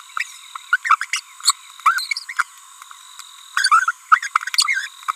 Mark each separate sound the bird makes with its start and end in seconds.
0.16-0.23, 0.73-0.76, 0.85-0.95, 1.01-1.05, 1.13-1.20, 1.40-1.52, 1.86-2.23, 2.29-2.33, 2.37-2.43, 3.57-3.91, 4.12-4.19, 4.23-4.27, 4.36-4.37, 4.54-4.86, 5.09-5.11